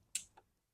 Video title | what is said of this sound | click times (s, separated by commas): Spark Plug Replacement Suzuki GSXR1000 | take the connector hook it back up and make sure you hear it click | 0.2 s